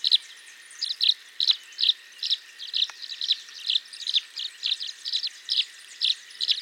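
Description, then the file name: Tree swallow calls, short bright chirps repeated about two to three times a second in a steady series, with fainter twittering behind. "Tachycineta bicolor - Tree Swallow"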